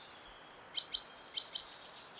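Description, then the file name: Great tit: two phrases, each a thin high whistle followed by two sharp ticking notes, over faint background hiss. "Parus major"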